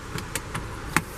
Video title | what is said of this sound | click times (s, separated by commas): *SOLD* 2018 Volvo V90 Cross Country T5 AWD Walkaround, Start up, Tour and Overview | bring that back down clicks into place like that | 1.0 s